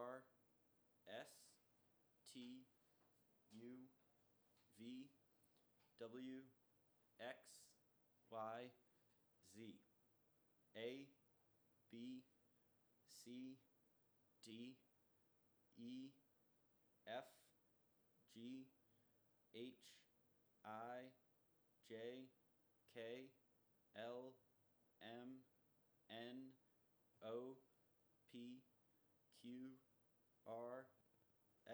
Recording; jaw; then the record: letters of the alphabet, spoken; free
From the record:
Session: first day, before the bite bar